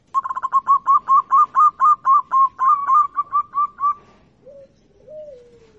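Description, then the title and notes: Zebra dove song: a long, fast run of about seventeen clipped, evenly pitched coos, then two soft, lower drawn-out notes. Local-type zebra dove. "Kicau Perkutut Lokal. Kicau Burung Perkutut"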